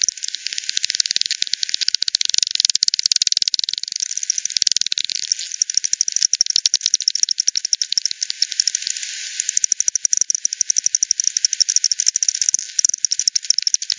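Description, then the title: Bat: dense, rapid ticking clicks with a couple of quieter, smoother stretches, then a steady fast pulse train toward the end. Multiple bats at Hogsmill River, Hogsmill Lane, 7 October 2020 at 18:10; frequency-division bat detector output, band-pass filtered and resampled. "bat 20201007 T 18 : 10 Z-Hogsmill-Lane-Hogsmill-River-multiple-bats-FD 10"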